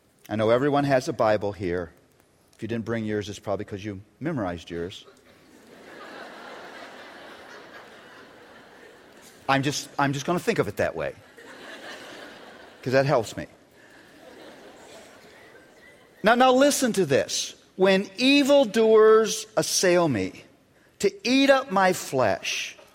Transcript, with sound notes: I know everyone has a Bible here; if you didn't bring yours, it's probably because you've memorized yours. (laughter) I'm just going to think of it that way, because that helps me. Now listen to this, "When evildoers assail me, to eat up my flesh,